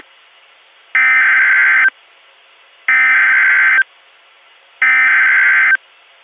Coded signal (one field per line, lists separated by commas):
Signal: Emergency Alert System (SAME) tones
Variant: header bursts